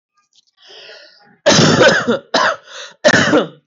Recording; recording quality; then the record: heavy voluntary cough; moderate, slight background noise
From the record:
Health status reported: respiratory illness, not identified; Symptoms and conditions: asthma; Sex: male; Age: 19 years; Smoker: not ticked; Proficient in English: yes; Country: India